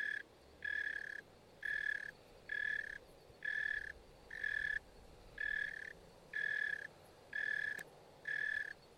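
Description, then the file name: Cicada calling with evenly spaced, ringing buzz pulses roughly once a second, each pulse short and steady in pitch, with faint low background noise. "cikada"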